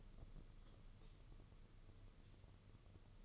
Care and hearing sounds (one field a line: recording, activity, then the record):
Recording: daily activity, microphone in the room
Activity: light off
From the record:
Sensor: 4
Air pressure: 995.3 hPa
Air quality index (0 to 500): 210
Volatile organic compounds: 216 ppm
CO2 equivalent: 4263 ppm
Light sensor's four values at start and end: 7/16/6/7 and 7/17/6/7